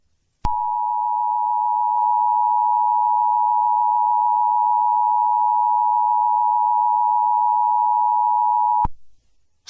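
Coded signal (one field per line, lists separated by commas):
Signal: Emergency Alert System (SAME) tones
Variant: 853 and 960 Hz attention tone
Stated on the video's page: Fictional EAS scenario, made for entertainment and not for broadcast; tones may be valid.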